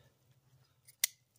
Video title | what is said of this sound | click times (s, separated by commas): Snow Is Coming! Solo Hot Tent Camping | locks in place | 1.0 s